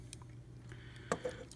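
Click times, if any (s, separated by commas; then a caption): none. The legs of a Mastermind Creations R13 Reformatted Spartan plastic transforming robot figure are handled, split and folded toward locking at the knee joint. Soft plastic handling taps and rattles are heard, with sharper ticks near 0.1, 0.7, 1.1 and 1.5 seconds over a low steady hum. Nothing has seated or clicked into place at the knee yet.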